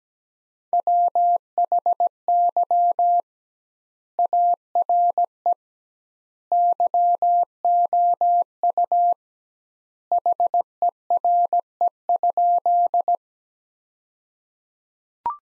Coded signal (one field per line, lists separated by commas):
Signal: Morse code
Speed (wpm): 17 wpm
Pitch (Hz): 700 Hz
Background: none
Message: WHY ARE YOU HERE?